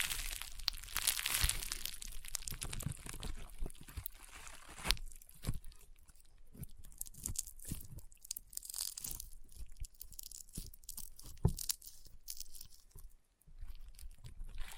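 Crunchy slime squished and pressed, with a dense crackling burst early on, then scattered sharp pops and crunches repeating irregularly every second or so.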